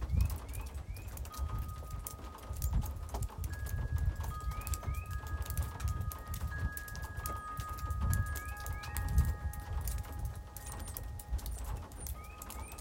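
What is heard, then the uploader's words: Water drips and ticks in a dense, irregular patter while chimes ring long, steady tones that overlap and fade. Low rushing swells from car tires on wet pavement rise and fall underneath, and short rising chirps recur every few seconds. March 8 porch. Water drops chimes in b flat crows car tires splashing water on black pavement.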